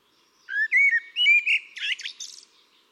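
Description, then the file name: Eurasian blackbird singing one phrase of rich, fluty whistles, then a thin, scratchy high twitter closing the verse. "Turdus merula"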